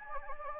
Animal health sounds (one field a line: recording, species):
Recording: mosquito wingbeat signal from an infrared sensor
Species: Anopheles gambiae